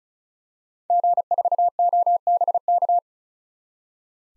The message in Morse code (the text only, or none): G4OBK